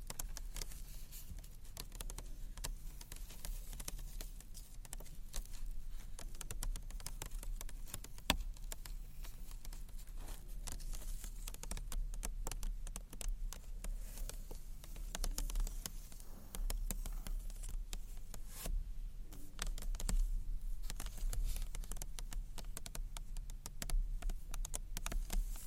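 Gentle scratchy tapping on books runs for the whole stretch as dense, irregular clicks and light scrapes, some quick bursts and occasional sharper taps around eight and eighteen seconds. A low steady hum sits underneath, and the level stays even throughout.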